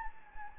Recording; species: mosquito wingbeat signal from an infrared sensor; Anopheles gambiae